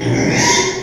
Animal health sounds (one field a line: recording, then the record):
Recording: squeal of a Yucatan mini pig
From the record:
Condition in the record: before surgery on the right vocal fold (resection and tissue-engineered implant)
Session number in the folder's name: 1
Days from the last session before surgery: -3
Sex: male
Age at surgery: 12 weeks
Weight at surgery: 13 kg